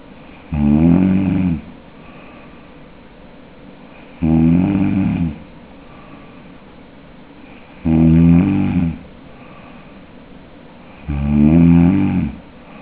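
Four loud, low, rattling snores come on the in-breath, each about a second long, roughly 17 a minute with quiet gaps between. The coarse, fluttering low-pitched quality is palatal snoring, made by the soft palate vibrating during sleep.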